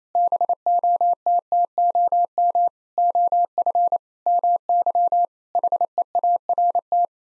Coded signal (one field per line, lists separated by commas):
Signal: Morse code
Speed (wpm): 27 wpm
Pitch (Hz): 700 Hz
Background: none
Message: BOTTOM OF MY HEART